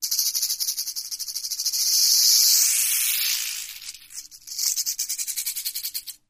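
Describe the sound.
Rattlesnake rattling, a dry high-pitched buzzing hiss with fast pulsing, swelling into a steady rasp midway, then fading back to pulsed buzzing.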